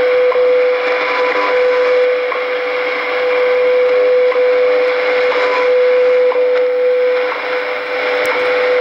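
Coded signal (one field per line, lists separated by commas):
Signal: radio time signal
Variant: WWV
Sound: steady low tone with faint clicks each second, buried in hissing shortwave static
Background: radio static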